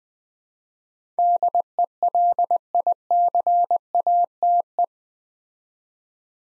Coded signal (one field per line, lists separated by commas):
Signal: Morse code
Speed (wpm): 20 wpm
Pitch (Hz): 700 Hz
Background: none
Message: DELICATE